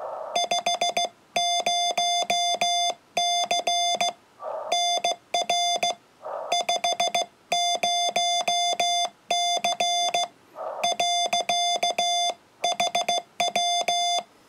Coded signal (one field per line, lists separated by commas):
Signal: Morse code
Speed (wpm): 17 wpm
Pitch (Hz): 700 Hz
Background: none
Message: 50C NR 50C . HW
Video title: YouKits HB1B 40m cw qrp qso March 2018